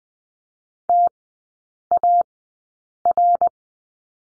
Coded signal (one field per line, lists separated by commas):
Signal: Morse code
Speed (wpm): 20 wpm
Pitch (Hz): 700 Hz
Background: none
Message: TAR